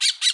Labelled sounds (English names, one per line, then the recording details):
Brown-throated Parakeet contact call
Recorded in Bonaire
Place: just S of turnoff to Cai, near Lac Bay
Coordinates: 12.126, -68.239